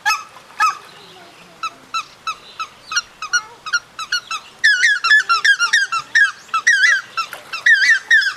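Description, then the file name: Lesser White-fronted Goose calls: high, squeaky yelps repeated in quick bursts, quieter at first, then louder and denser overlapping calls from several birds in the second half. "karigane"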